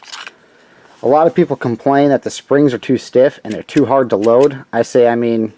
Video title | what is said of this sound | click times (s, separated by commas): Best Gun For Concealed Carry / M&P Shield 9mm | uh positive click when you put the magazine in um very very good mag | 0.3 s